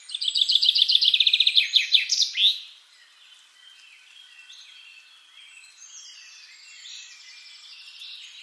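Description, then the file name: Common chaffinch sings one rattling trill that descends and finishes with a bright terminal flourish; quieter background birdsong continues afterwards. "Fringilla coelebs"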